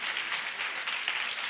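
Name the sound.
audience applause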